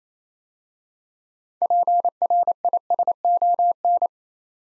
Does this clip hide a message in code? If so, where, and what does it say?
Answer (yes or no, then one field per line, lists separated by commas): yes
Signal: Morse code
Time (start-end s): 1.6-4.1 s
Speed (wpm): 27 wpm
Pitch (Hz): 700 Hz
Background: none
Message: PRISON